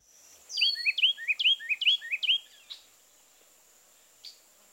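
Carolina Wren song: a loud run of several rapid repeated phrases over about two seconds, followed by a few faint notes.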